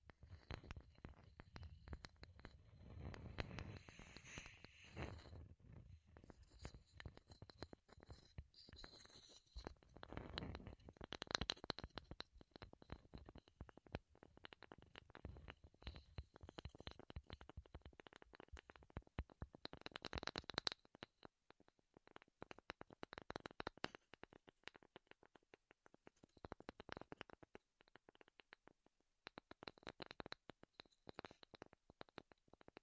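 Wooden tapping and scratching goes on without pause, a dense run of short crisp clicks and knocks. Busier stretches with a soft low rumble come around 3–5, 10–12 and 20 seconds, and a faint steady high tone sits beneath throughout.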